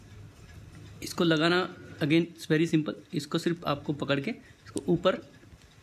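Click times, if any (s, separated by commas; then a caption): none. A strap lug is held and pushed up toward the case of a Tag Heuer Connected Modular 45 Premium smartwatch while a man talks. Only speech is heard, with soft faint ticks under it. Nothing has seated or clicked yet.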